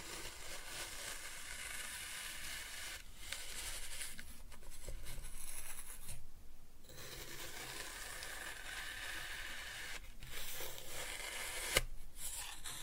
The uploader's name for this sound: ASMR Kinetic Sand Cutting and Scooping Sounds